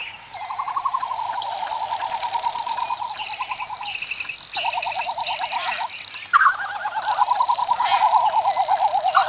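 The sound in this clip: Frigatebird trilling calls: long, rapid, warbled trills repeated one after another, with higher chatter above.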